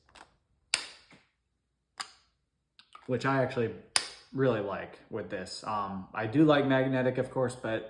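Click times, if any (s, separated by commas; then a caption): 0.7 s. A non-magnetic cap is pushed onto the neck of a Chanel Antaeus Pour Homme perfume bottle and clicks into place with a sharp, fast-decaying click at 0.7 s, followed by a fainter tap near 2.0 s. From about 3 s on, someone talks.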